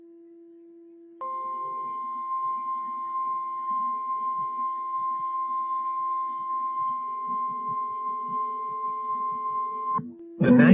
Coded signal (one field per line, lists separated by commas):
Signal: Emergency Alert System (SAME) tones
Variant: 1050 Hz attention tone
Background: music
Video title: Eas severe thunderstorm warning 4/9/2021